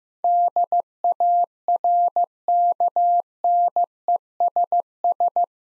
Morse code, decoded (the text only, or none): DARKNESS